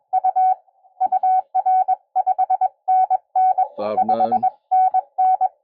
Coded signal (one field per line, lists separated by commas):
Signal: Morse code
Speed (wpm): 21 wpm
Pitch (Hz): 690 Hz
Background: speech, radio noise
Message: U UR 5NN 5NN